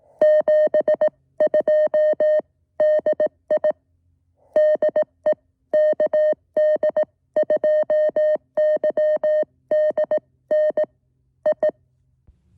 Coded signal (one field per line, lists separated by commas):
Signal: Morse code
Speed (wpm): 18 wpm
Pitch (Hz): 610 Hz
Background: none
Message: 72 DI DE KD2YDN I